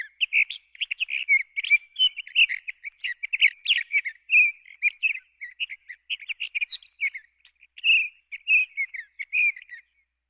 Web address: Sage Thrasher